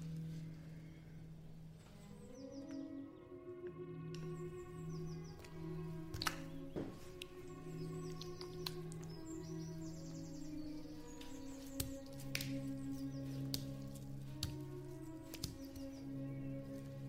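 Old music plays steadily in long held tones while sharp kitchen clinks and clatters break in now and then, especially toward the end.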